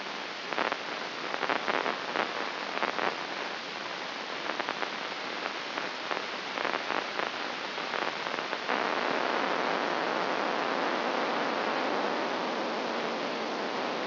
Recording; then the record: brain microelectrode recording played as sound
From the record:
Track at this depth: outside the subthalamic nucleus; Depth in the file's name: 4.622 mm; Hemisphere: left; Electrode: 2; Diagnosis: Parkinson's disease